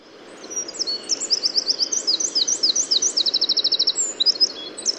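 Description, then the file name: Eurasian wren song, a shrill high-pitched stream of quick notes breaking into a dry, machine-gun trill before ending in a few sharp flourishes. "Troglodytes troglodytes"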